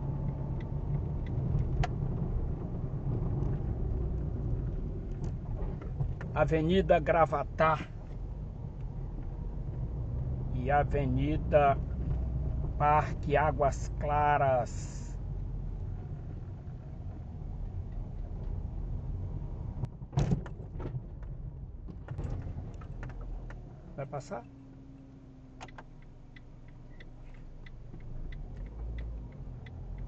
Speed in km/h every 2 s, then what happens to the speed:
40, 33, 16, 15, 22, 24, 19, 14, 15, 19, 18, 0, 0, 0, 8.
0-4 brakes to 16. 6-9 speeds up to 24. 9-14 slows to 14. 14-19 steady at about 15. 19-21 brakes to 0. 21-26 standing. 26-30 pulls away to 8.